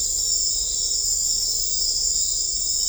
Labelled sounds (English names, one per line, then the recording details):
none
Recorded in dense forest near Puerto Asís, Putumayo, Colombia, on 16 December 2024 at 00:30
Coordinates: 0.500, -76.322
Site G053